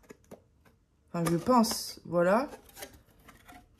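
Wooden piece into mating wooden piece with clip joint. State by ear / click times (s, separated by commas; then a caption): seated / 3.3 s. Two wooden assembly pieces are pushed together with a clip joint, so they fit into each other without needing glue, while someone talks. A single short snap is heard at 3.3 s as the wooden piece clips into its mating piece and seats.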